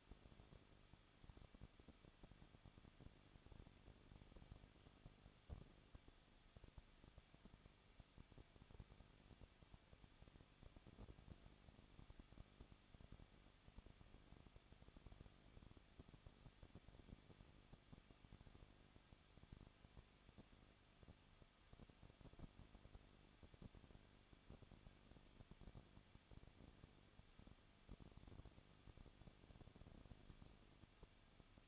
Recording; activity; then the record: daily activity, microphone in the room; no activity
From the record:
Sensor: 4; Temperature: 23.0 degrees Celsius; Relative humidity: 34.3%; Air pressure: 1007.3 hPa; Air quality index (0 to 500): 213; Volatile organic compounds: 14 ppm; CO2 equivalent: 2462 ppm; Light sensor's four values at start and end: 2/3/1/1 and 2/3/1/1